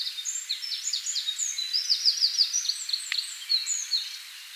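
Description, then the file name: Eurasian wren pouring out a loud, high, tumbling song of sharp chips, whistles and quick trilled bursts without a pause. "Troglodytes troglodytes"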